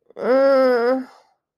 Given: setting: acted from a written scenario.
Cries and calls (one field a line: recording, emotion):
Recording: vocal sound without words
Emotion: confusion